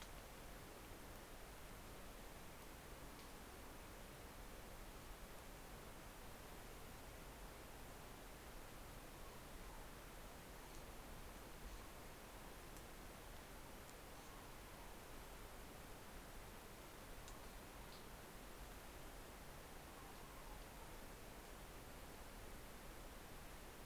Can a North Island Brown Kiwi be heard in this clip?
no